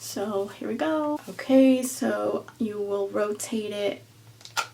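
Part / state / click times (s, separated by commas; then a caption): rotating dryer attachment collar on a hair styler handle / seated / 4.5 s. Someone talks while rotating the plastic Coanda smoothing dryer attachment collar on the handle of a Dyson Airwrap multi-styler Complete Long in Vinca Blue and Rosé until the mode marking is hidden. A short, sharp click sounds at 4.5 s as the attachment seats into the smoothing setting.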